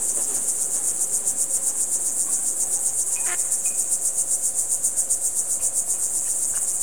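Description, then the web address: Cricket chirping in a fast, steady, high-pitched pulsing trill throughout. "best service Blue Box birds ducks frogs crickets"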